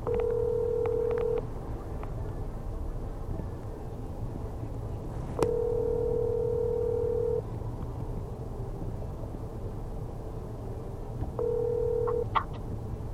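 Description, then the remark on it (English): A telephone line tone on an outgoing call: a steady mid-pitched electronic tone sounds in three bursts, each one to two seconds long with long pauses between, over a low background hum. “Yeah, okay, so I called.”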